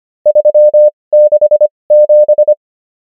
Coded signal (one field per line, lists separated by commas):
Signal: Morse code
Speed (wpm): 25 wpm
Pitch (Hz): 600 Hz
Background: none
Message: 367